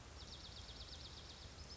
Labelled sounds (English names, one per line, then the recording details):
Pacific Wren
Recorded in Sonoma County, California